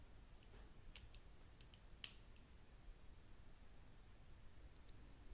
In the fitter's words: insert the firing pin into the rear of the bolt and screw it in until the caulking piece locks in place